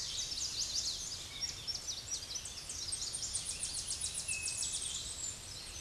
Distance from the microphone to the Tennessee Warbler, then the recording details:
about 40 m. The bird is about 15 m above the microphone. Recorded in a Pennsylvania forest on 16 May 2024 at 07:16. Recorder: AudioMoth, point MSD-2349. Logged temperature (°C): 15.8 °C. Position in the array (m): 20 m, 44 m